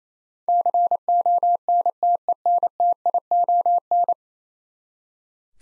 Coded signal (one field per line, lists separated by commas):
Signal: Morse code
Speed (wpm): 28 wpm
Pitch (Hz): 700 Hz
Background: none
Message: CONTENTION